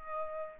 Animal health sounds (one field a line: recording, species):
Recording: mosquito wingbeat signal from an infrared sensor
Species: Aedes albopictus